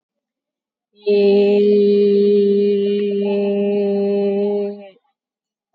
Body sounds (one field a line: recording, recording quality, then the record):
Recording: sustained vowel as in made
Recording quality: excellent, no background noise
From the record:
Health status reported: COVID-19 positive, mild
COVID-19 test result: positive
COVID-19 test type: RT-PCR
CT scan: not taken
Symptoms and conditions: cough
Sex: female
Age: 18 years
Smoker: no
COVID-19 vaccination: none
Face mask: worn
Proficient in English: yes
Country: India